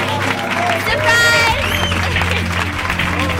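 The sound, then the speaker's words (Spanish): An audience on the show La Vida Moderna claps steadily and loudly for a few seconds, welcoming a guest singer, a dense wash of applause with excited cheers and whoops rising briefly near the middle. “¡Un fuerte aplauso para esta mujer!”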